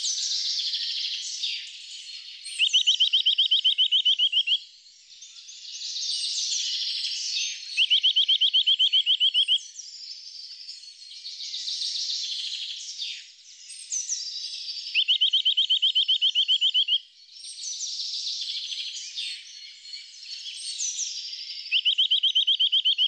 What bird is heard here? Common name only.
Eurasian Nuthatch